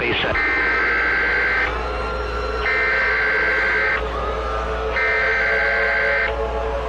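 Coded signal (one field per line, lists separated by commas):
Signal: Emergency Alert System (SAME) tones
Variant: header bursts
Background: speech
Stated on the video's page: Fictional EAS scenario analog horror with valid EAS tones.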